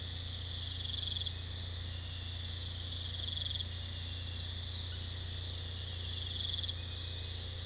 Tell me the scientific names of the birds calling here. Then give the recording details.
none. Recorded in pastures near Puerto Asís, Putumayo, Colombia, on 18 February 2024 at 04:00. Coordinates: 0.486, -76.323. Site G6462